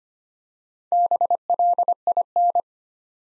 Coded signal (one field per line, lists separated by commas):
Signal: Morse code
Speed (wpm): 25 wpm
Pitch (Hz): 700 Hz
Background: none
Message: BLIN